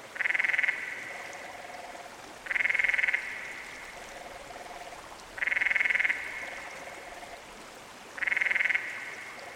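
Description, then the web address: Canyon frog: four rattling pulsed trills spaced a few seconds apart, each followed by a fainter, lower pulsed trill. "Dan Gibson's Solitudes Frog Song. Canyon Frog"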